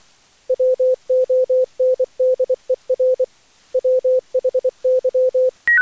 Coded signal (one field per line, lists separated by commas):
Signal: Morse code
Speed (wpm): 24 wpm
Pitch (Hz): 510 Hz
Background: none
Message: WONDER WHY